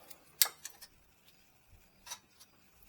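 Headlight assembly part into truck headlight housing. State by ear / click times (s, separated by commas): seated / 0.4 s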